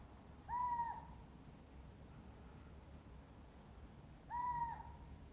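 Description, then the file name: Little owl calls: two clear, mewing whistled notes, about four seconds apart, over faint background noise. "athene noctua"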